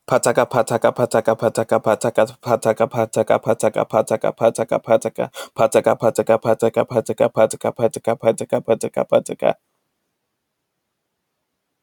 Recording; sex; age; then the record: repeated syllables /pa ta ka/; male; 20 to 29 years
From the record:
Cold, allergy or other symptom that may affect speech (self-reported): no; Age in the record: 23 years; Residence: Texas, United States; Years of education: 17